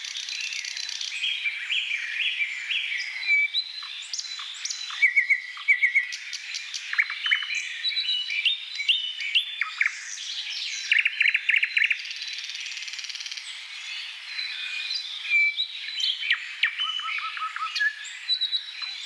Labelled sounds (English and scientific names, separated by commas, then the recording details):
Thrush Nightingale (Luscinia luscinia) song
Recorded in the wild
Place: Selenter See, Schleswig-Holstein, DE
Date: 1982-06-02
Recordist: Schwarz, Dieter